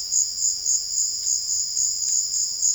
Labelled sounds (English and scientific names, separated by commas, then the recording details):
none
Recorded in secondary vegetation near Puerto Asís, Putumayo, Colombia, on 12 March 2025 at 15:00
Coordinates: 0.488, -76.319
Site G095